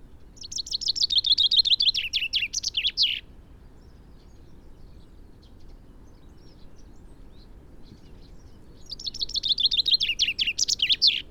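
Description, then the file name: Common chaffinch singing twice: a fast, descending run of sharp notes closing with a flourish, a pause of about six seconds, then the same phrase starts again. "Fringilla coelebs"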